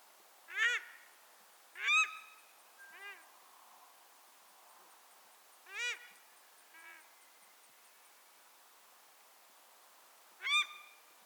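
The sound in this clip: Paradise shelduck honks, loud harsh notes mixed with softer ones, in two short groups, then a long gap before one last call.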